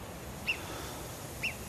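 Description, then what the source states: Alpine marmot alarm whistles, two short high whistles about one second apart over a steady background hiss. Marmot about 86 m away on the Prapic plateau, Écrins National Park, Hautes-Alpes, at sunrise; warns the others, whistle varies by predator, probably reacting to the observers.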